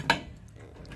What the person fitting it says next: it locks into place